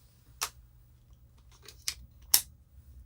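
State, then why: Seated. An add-on hand grip is hooked onto one side of an Olympus OM-D E-M10 mirrorless camera body at an angle, then swung against the body until it latches. Sharp handling clicks come at about 0.4 s and 1.9 s over a low background hum. The loudest, crisp click at 2.3 s is the grip seating into place.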